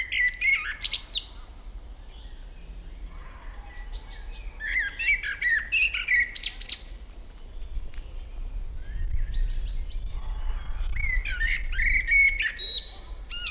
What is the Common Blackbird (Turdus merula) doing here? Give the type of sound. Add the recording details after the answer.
song. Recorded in the wild. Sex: male. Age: adult. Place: Liepnitzsee, Brandenburg, DE. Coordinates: 52.75, 13.51. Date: 1995-05-06 17:39. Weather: heiter, 20°C, böiger Wind. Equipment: Marantz CP 430, Sennheiser ME 80, Kopie Uher 4000 Report Monitor. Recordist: Tembrock, Günter. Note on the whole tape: Gesang, 2 Exemplare - 2. sehr gut